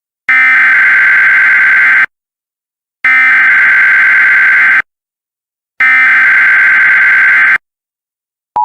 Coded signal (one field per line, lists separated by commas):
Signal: Emergency Alert System (SAME) tones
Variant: header bursts